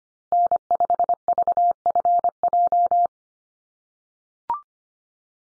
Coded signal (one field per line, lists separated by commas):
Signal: Morse code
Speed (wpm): 25 wpm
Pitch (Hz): 700 Hz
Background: none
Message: N5VFJ